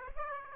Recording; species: mosquito wingbeat signal from an infrared sensor; Aedes aegypti